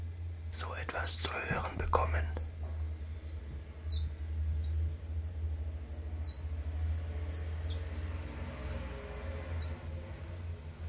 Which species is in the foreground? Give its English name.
Common Chiffchaff